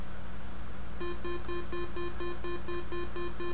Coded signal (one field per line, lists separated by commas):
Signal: none